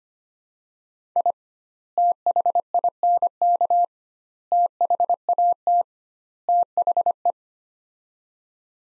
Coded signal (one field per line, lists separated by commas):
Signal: Morse code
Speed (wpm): 25 wpm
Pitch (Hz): 700 Hz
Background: none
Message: I THINK THAT THE